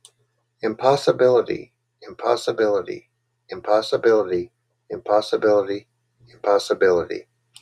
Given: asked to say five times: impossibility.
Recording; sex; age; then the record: repeated word; male; 50 to 59 years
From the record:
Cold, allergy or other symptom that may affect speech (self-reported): no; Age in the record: 52 years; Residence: Georgia, United States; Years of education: 14